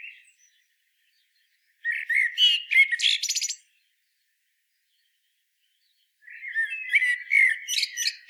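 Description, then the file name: Common blackbird song in two dense phrases of warbled whistles ending in rough scratchy chatter, with a few silent seconds between them. "Turdus merula"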